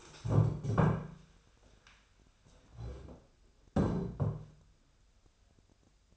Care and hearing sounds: daily activity, microphone in the room; stand up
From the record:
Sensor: 2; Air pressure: 1015.1 hPa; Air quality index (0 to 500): 174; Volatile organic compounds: 10 ppm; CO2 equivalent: 2262 ppm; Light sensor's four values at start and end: 12/33/13/14 and 10/26/10/11

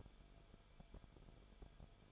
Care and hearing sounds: daily activity, microphone in the room; no activity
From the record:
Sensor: 5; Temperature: 20.3 degrees Celsius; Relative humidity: 39.8%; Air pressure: 1010.8 hPa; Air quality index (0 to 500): 166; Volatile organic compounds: 15 ppm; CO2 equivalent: 2510 ppm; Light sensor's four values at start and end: 2/3/1/1 and 2/3/1/1

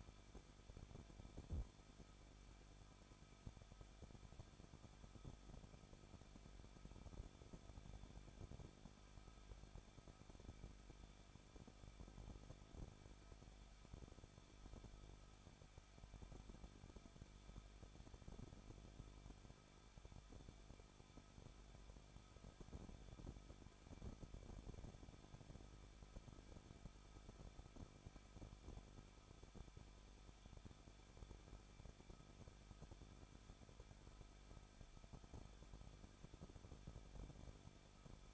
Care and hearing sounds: daily activity, microphone in the room; no activity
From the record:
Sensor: 5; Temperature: 20.7 degrees Celsius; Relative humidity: 38.6%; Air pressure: 1006.5 hPa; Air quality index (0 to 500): 192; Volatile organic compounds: 21 ppm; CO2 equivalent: 2717 ppm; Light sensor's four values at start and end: 2/3/1/1 and 2/3/1/1

